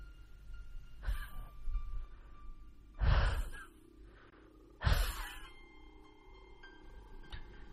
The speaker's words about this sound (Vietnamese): Đang kể đến đây thì không biết có con quạ từ đâu bay đến, đậu ở trên cây bạch đàn. Nó kêu lên những tiếng thê lương.